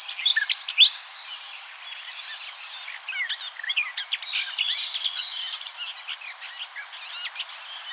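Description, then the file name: Eurasian blackcap warbling song: a loud burst of quick, varied chirping notes, then a softer, hurried twittering run from about three seconds on. "Sylvia atricapilla"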